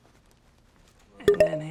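An aluminum cover plate for a folding door's non-pleated screen is pressed onto the frame, where internal grooves grip it like a clip. After a quiet stretch, two sharp, ringing clicks land at 1.3 s and 1.4 s, followed by a fainter tap. The plate locks in place in the frame's grooves.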